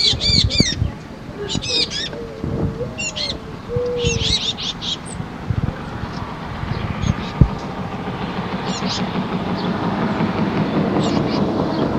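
Titmouse calls: bursts of high, hooked notes in the first half, with lower drawn-out tones, fading into rustling background noise.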